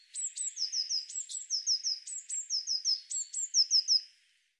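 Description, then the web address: Eurasian blue tit giving a continuous series of calls: each sharp high note falls into two or three lower, slurred notes, repeated rhythmically for about four seconds. "Deverinetal"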